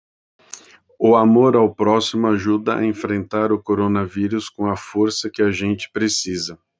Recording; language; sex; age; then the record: spoken sentence; Brazilian Portuguese; male; 50 to 59 years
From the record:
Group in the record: control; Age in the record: 59 years